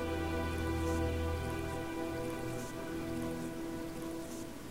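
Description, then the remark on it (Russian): Steady rain streams against a window pane, a continuous wash of patter with a low rumbling hum underneath, unbroken and even throughout with no voices. “И, тихо отойдя в сторону, стала смотреть в окно, по которому сбегали струи дождя.”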